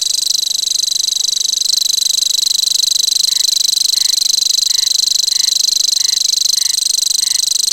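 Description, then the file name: Grasshopper warbler reeling on and on in a high, dry, rapidly pulsed trill; from midway, lower short notes repeat regularly underneath. "grasshopper warbler omkicau"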